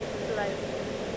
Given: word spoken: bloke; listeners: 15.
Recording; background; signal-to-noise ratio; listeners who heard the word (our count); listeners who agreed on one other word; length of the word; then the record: one English word in noise, from a listening test; speech-shaped noise; -4.1 dB; 2 of 15; 6 of 15; 0.78 s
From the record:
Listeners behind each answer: 6, 2, 2, 1, 1, 1, 1, 1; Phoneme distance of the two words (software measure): 20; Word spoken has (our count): 1 syllable, 4 phonemes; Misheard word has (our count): 1 syllable, 4 phonemes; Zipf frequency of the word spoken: 4.44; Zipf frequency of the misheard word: 3.96